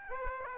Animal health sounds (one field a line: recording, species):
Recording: mosquito wingbeat signal from an infrared sensor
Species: Aedes aegypti